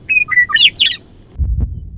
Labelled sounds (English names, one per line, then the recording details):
Western Meadowlark
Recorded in Sonoma County, California